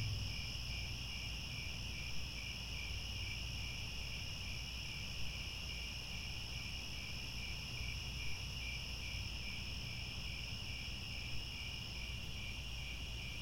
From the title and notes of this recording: Crickets Chirping at Twilight. The soothing chorus of crickets.